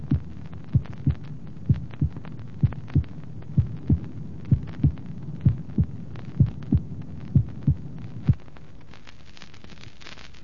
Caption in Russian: Нормальные тоны сердца.